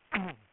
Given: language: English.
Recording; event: throat vibration sensor signal played as sound; throat clearing